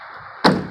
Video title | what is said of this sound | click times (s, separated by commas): Bak Flip MX4 with Bak Box Tool Box & Bedrug on 20 Chevy review by C&H Auto Accessories #754-205-4575 | easy hear the click sir | 0.5 s